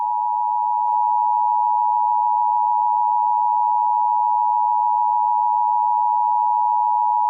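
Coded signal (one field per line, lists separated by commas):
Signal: Emergency Alert System (SAME) tones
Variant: 853 and 960 Hz attention tone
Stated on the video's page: Simulated EAS scenario for a fictional nuclear war.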